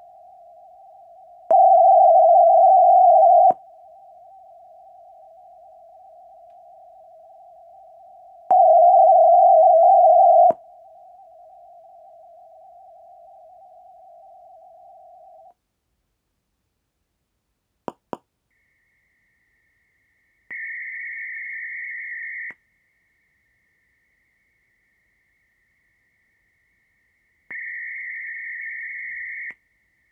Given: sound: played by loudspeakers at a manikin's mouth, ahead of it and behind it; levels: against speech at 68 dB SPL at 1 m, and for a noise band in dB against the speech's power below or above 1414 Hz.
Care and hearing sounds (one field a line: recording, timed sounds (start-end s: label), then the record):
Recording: test signals for a remote microphone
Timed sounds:
0.00-1.51 s: noise band at 707 Hz, -13 dB
1.51-3.51 s: noise band at 707 Hz, +22 dB
3.51-8.51 s: noise band at 707 Hz, -13 dB
8.51-10.51 s: noise band at 707 Hz, +22 dB
10.51-15.51 s: noise band at 707 Hz, -13 dB
17.88 s: click
18.13 s: click
18.51-20.51 s: noise band at 2000 Hz, -13 dB
20.51-22.51 s: noise band at 2000 Hz, +22 dB
22.51-27.51 s: noise band at 2000 Hz, -13 dB
27.51-29.51 s: noise band at 2000 Hz, +22 dB
29.51-30.12 s: noise band at 2000 Hz, -13 dB
From the record:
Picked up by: measurement microphone